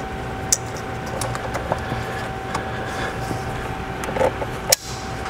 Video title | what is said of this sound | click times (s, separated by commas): How To Install a UPR Catch Can Kit for Nissan Titans Oil Consumption Issue! | once you hear that nice satisfying click as my friend Doug would say | 4.7 s